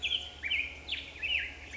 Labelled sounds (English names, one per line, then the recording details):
Black-headed Grosbeak
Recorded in Sonoma County, California